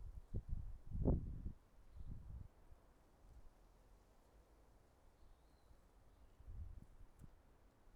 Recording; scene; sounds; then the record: everyday scene through a hearing-aid microphone; wind on the microphone; wind, traffic, birds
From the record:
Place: suburban garden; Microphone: behind the ear, right, front